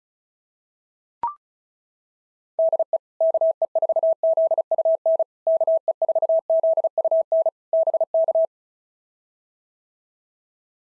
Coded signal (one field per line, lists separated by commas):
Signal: Morse code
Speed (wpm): 36 wpm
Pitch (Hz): 650 Hz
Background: none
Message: DE KE4ZUN KE4ZUN BK